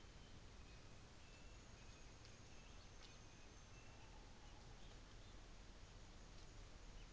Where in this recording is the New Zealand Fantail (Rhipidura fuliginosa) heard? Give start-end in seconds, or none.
0.86-4.39